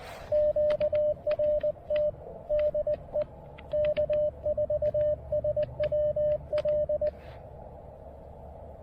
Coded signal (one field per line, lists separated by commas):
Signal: Morse code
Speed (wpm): 18 wpm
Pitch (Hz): 600 Hz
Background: radio noise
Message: QRT DE K4SWL